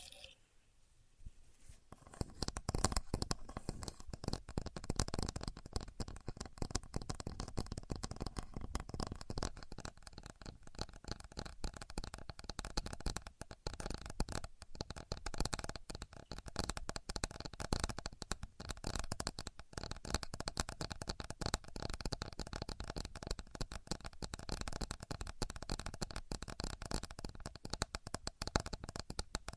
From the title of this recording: Using A Contour Gauge (No Talking)